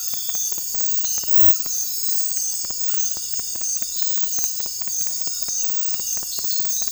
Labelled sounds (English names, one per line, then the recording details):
none
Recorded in dense forest near Puerto Asís, Putumayo, Colombia, on 18 February 2024 at 04:30
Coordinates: 0.484, -76.317
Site G6464